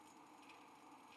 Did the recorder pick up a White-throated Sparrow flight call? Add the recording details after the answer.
no. No flight call is heard. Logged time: 09:21 on 5 December 2014